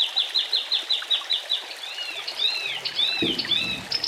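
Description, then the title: Oriental magpie-robin song with a quick string of repeated chirps, then arching whistled notes rising and falling. "Kicau Kacer"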